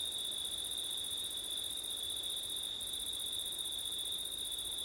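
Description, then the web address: Crickets keep up a continuous shrill trill across the whole stretch, topped by a very high band with one brief gap, and light wind below. Crickets on a September night, with wind; ORTF stereo microphone setup. "audio crickets wind september night ortif"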